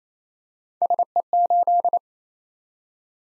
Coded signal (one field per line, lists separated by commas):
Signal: Morse code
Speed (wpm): 27 wpm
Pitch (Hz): 700 Hz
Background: none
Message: SE8